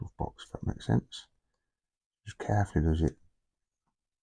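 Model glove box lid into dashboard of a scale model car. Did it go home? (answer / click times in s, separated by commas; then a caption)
no / none. The pins of a small plastic glove box lid are carefully lined up with the holes on either side of the glove box in the dashboard of an Agora Models James Bond No Time To Die DB5 scale model car (die-cast/plastic, pack 7, issue 53/54), handled gently so the pins don't break. Someone talks in two short bursts separated by a pause. Nothing has seated or clicked yet.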